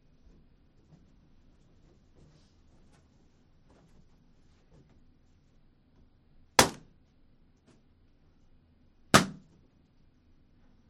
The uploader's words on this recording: The blind spot radio program filled the on-air studio with as many balloons as …, … and I could blow up (which happened to be 1,190) and then entered the room and popped them one at a time with a needle taped to a stick.